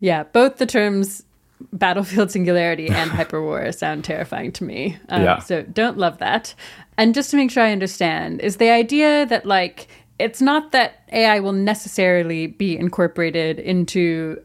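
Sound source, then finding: Adult woman. Typical speech.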